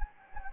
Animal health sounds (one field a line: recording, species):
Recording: mosquito wingbeat signal from an infrared sensor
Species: Anopheles gambiae